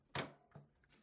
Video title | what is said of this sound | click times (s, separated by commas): HP Smart Tank 5103 : How to Load Ink & Install Print Heads | and push it until it clicks. | 0.2 s